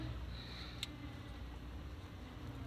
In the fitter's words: wiggle it up and down so I decide until you hear it pop loose okay do not be yanking on it that's